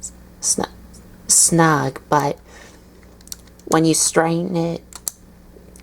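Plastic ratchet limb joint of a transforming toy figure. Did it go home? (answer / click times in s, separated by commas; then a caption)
yes / 5.1 s. Someone talks while the plastic ratchet limb joint of a Transformers Classics 2006 Devastator transforming toy figure, an odd ratchet joint that is not snug, is straightened. Faint ticks come around 3.0–3.6 seconds, then a sharp click at 5.1 seconds as the joint seats into the straight position.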